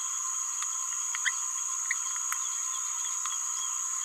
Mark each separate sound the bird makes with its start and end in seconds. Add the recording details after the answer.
1.24-1.31. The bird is a male. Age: 27 days. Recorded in a nest box in Venezuela. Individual 17B31A2